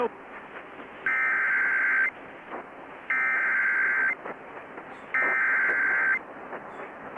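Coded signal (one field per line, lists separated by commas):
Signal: Emergency Alert System (SAME) tones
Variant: header bursts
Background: speech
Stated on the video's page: Severe weather alerts received by DXing.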